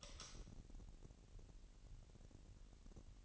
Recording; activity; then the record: daily activity, microphone in the room; light on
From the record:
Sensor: 4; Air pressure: 1002.7 hPa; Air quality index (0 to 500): 250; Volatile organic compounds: 13 ppm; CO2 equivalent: 2410 ppm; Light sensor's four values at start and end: 6/14/6/6 and 7/16/6/7